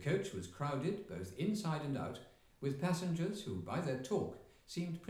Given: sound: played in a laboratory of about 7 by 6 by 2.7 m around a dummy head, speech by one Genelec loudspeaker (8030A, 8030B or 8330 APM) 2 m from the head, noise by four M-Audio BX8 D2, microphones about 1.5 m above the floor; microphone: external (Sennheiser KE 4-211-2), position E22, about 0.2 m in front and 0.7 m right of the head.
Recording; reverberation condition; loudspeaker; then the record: male speech in English; medium; 30 degrees to the right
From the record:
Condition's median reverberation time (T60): about 510 ms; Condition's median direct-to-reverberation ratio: about -0.5 dB